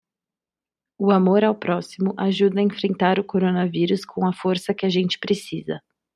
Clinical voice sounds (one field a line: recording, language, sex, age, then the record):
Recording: spoken sentence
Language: Brazilian Portuguese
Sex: female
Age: 18 to 19 years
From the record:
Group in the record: control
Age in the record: 19 years